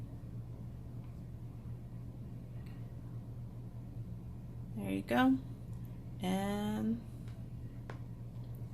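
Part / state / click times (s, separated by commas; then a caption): safety eye washer onto eye post in crocheted toy / seated / 7.9 s. Someone talks while the plastic backing washer of a safety eye is pushed onto its post through the crocheted fabric of a crocheted toy. A sharp, brief click at 7.9 s marks the washer locking onto the post, leaving the safety eye seated and safely locked in place.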